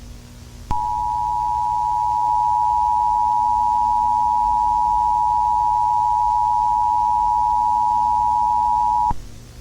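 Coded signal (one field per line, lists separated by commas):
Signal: Emergency Alert System (SAME) tones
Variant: 853 and 960 Hz attention tone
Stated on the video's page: Fictional EAS scenario about a dictatorship under martial law, using valid EAS tones.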